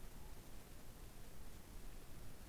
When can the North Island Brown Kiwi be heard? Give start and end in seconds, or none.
none